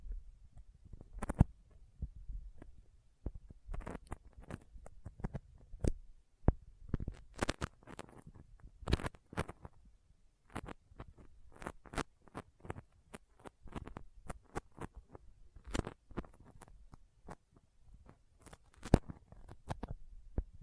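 Sticky fingers make irregular crackling clicks and tacky peeling snaps, dense and uneven throughout, over a soft low rumble.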